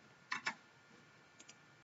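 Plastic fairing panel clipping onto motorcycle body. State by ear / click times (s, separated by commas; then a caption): seated / 0.3 s, 0.5 s. A plastic motorcycle fairing panel, pressed back onto the motorcycle body after its bolts are refitted, gives two sharp clicks at 0.3 s and 0.5 s. Two much fainter ticks follow near 1.4 s and 1.5 s over a low steady hiss. The clip snaps back into place and the panel is seated.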